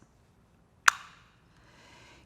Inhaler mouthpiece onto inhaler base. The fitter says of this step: and then close the white mouthpiece until you hear a click like this